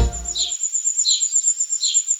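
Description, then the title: Common Firecrest singing a very high, thin, rapidly repeated series of needle-fine notes, with a few lower chirps in between. Heard on 19 December 2023, a Tuesday; the bird is described as hard to see but its voice can be heard everywhere. "Doğa Takvimi - 19 Aralık 2023-Sürmeli çalıkuşu"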